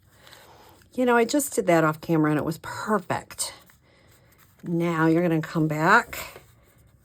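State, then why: Not seated. A paper card element is handled while being pushed back through its slot in a shaker card being assembled, with soft paper handling sounds and a few faint ticks near 0.3 s, 0.8 s and 3.7 s. Someone talks over most of the clip. Nothing has seated or clicked into place yet.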